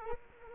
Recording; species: mosquito wingbeat signal from an infrared sensor; Culex quinquefasciatus